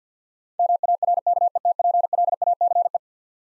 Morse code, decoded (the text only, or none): MARKETPLACE